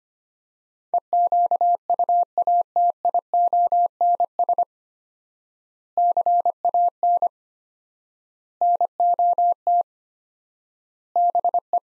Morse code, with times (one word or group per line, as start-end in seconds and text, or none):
0.9-4.6 EQUATIONS
6.0-7.3 CAN
8.6-9.8 NOT
11.2-11.8 BE